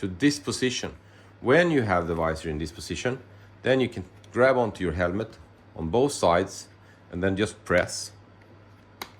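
A plastic visor mechanism on an Arai Tour-X5 motorcycle helmet shell is released while someone talks: with the visor folded up, the helmet is gripped on both sides and pressed. A sharp snap at 9.0 s marks the mechanism coming free and the whole visor mount detaching.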